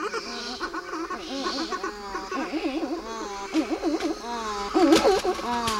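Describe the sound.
Buller's shearwaters give a chorus of wavering, up-and-down moaning calls, many overlapping.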